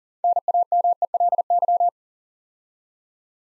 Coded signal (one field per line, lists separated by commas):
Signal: Morse code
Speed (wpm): 42 wpm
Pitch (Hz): 700 Hz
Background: none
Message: NAMELY